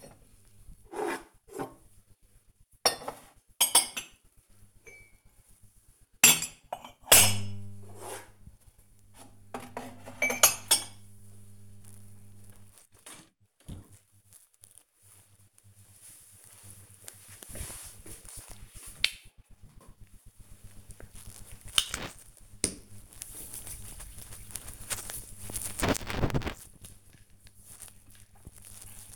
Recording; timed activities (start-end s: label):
household activities, microphone on the right wrist
0.00-13.50 s: putting away the dishes
19.53-29.16 s: cream hands